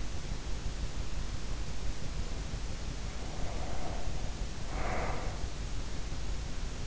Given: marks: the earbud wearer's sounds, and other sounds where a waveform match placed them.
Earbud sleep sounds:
sounds in sleep by an in-ear microphone; breath
1.87-5.76 s: sound from someone else or the room
2.91-5.76 s: breath

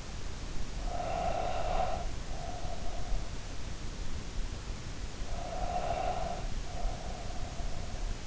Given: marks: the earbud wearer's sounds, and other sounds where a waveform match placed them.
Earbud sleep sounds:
sounds in sleep by an in-ear microphone; breath
0.56-3.42 s: breath
5.12-8.27 s: breath

